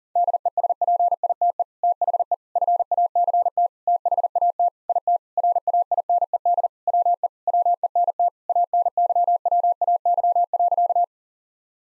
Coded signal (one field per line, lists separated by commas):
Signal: Morse code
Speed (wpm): 40 wpm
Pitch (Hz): 700 Hz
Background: none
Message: DESPITE THE FACT THAT IT RAINED WE WENT ANYWAY.